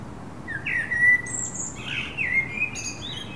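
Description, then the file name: Common blackbird song: a mellow warbled phrase sliding around mid pitch, then a thin, high twittering flourish, over a soft outdoor background hiss. "Turdus merula"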